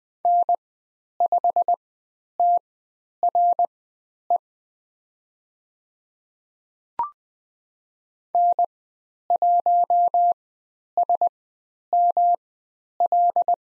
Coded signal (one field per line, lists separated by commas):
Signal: Morse code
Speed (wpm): 20 wpm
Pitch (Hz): 700 Hz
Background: none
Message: N5TRE N1SML